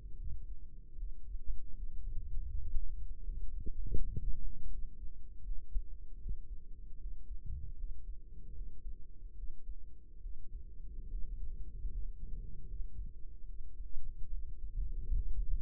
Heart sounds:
heart sounds by microphone in the right ear; 76 bpm
0.16 s: heartbeat
0.95 s: heartbeat
1.73 s: heartbeat
2.49 s: heartbeat
3.21 s: heartbeat
3.94 s: heartbeat
4.68 s: heartbeat
5.41 s: heartbeat
6.18 s: heartbeat
6.97 s: heartbeat
7.75 s: heartbeat
8.52 s: heartbeat
9.34 s: heartbeat
10.19 s: heartbeat
11.08 s: heartbeat
11.89 s: heartbeat
12.65 s: heartbeat
13.44 s: heartbeat
14.28 s: heartbeat
15.12 s: heartbeat
From the record:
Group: healthy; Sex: male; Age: 35 years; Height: 178 cm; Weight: 64 kg

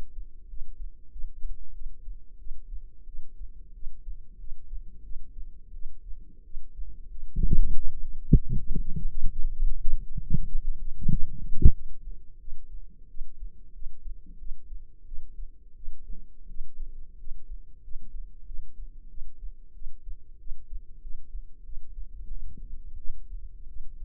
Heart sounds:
heart sounds by microphone in the left ear; 91 bpm
0.49 s: heartbeat
1.11 s: heartbeat
1.74 s: heartbeat
2.39 s: heartbeat
3.07 s: heartbeat
3.74 s: heartbeat
4.39 s: heartbeat
5.03 s: heartbeat
5.73 s: heartbeat
6.44 s: heartbeat
7.10 s: heartbeat
7.75 s: heartbeat
8.40 s: heartbeat
9.10 s: heartbeat
9.80 s: heartbeat
10.47 s: heartbeat
11.10 s: heartbeat
11.73 s: heartbeat
12.40 s: heartbeat
13.09 s: heartbeat
13.74 s: heartbeat
14.39 s: heartbeat
15.06 s: heartbeat
15.76 s: heartbeat
16.49 s: heartbeat
17.19 s: heartbeat
17.83 s: heartbeat
18.46 s: heartbeat
19.09 s: heartbeat
19.74 s: heartbeat
20.39 s: heartbeat
21.02 s: heartbeat
21.64 s: heartbeat
22.28 s: heartbeat
22.97 s: heartbeat
23.68 s: heartbeat
From the record:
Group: healthy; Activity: rest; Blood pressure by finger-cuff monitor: 86/57 mmHg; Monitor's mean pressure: 70 mmHg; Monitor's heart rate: 92 bpm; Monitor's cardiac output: 7.8 L/min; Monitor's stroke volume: 87 mL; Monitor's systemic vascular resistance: 630 dyn s/cm5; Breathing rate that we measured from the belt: 18 breaths a minute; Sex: female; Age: 22 years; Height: 161 cm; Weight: 65.5 kg

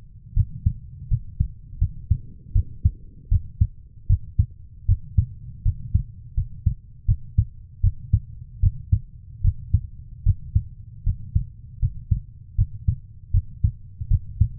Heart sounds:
heart sounds by stethoscope; 79 bpm
0.34 s: heartbeat
1.08 s: heartbeat
1.79 s: heartbeat
2.53 s: heartbeat
3.29 s: heartbeat
4.07 s: heartbeat
4.86 s: heartbeat
5.63 s: heartbeat
6.34 s: heartbeat
7.06 s: heartbeat
7.81 s: heartbeat
8.60 s: heartbeat
9.42 s: heartbeat
10.23 s: heartbeat
11.04 s: heartbeat
11.79 s: heartbeat
12.56 s: heartbeat
13.31 s: heartbeat
14.08 s: heartbeat
From the record:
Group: healthy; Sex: female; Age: 24 years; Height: 163 cm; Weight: 55.7 kg

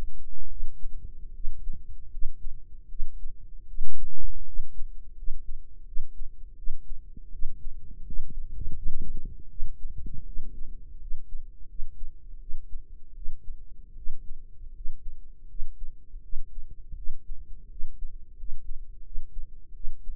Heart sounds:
heart sounds by microphone in the right ear; 81 bpm
0.47 s: heartbeat
1.31 s: heartbeat
2.08 s: heartbeat
2.86 s: heartbeat
3.65 s: heartbeat
4.43 s: heartbeat
5.13 s: heartbeat
5.83 s: heartbeat
6.54 s: heartbeat
7.29 s: heartbeat
8.02 s: heartbeat
8.72 s: heartbeat
9.46 s: heartbeat
10.23 s: heartbeat
10.97 s: heartbeat
11.65 s: heartbeat
12.37 s: heartbeat
13.12 s: heartbeat
13.93 s: heartbeat
14.71 s: heartbeat
15.46 s: heartbeat
16.20 s: heartbeat
16.93 s: heartbeat
17.67 s: heartbeat
18.34 s: heartbeat
19.01 s: heartbeat
19.71 s: heartbeat
From the record:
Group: healthy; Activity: cold pressor test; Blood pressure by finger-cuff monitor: 120/72 mmHg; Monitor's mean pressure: 89 mmHg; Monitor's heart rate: 81 bpm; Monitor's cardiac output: 7.2 L/min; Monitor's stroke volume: 89 mL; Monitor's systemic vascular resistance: 890 dyn s/cm5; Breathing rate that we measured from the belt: 18 breaths a minute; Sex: female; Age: 23 years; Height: 160 cm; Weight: 50.4 kg

